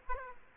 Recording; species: mosquito wingbeat signal from an infrared sensor; Aedes aegypti